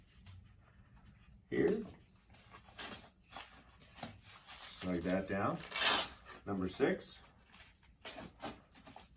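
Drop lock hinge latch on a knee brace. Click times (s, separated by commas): 8.1 s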